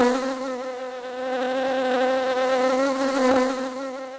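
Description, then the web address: Bee buzzing in a steady, low droning hum whose pitch wavers slightly, growing a little louder through the middle before easing off. "atarilibrary atari cd 09 SOUNDS WAVES BEE"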